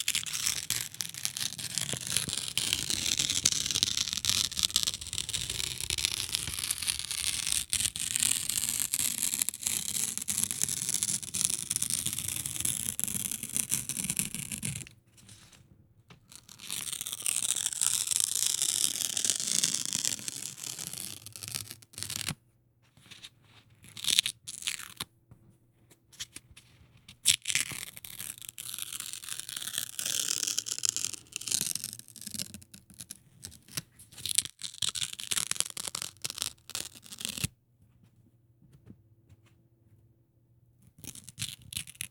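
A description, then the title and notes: Notebook paper being torn in long, rasping pulls, a dense crackling rip that is brightest in the high end. The first tear runs steadily for about fifteen seconds, then silence breaks in, followed by shorter, choppier tears with gaps between them and a faint low hum. Tearing Notebook Paper.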